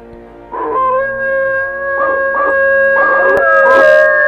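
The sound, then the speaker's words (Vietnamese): An eerie, drawn-out howl at 11 pm in a quiet, deserted cemetery holds a steady, high tone for several seconds, with a few short breathy bursts rising over it and growing slightly louder toward the end. “23 giờ đêm, tiếng hú cất lên đánh tan cơn buồn ngủ của cả ba người giữa cái không gian nghĩa trang vắng lặng.”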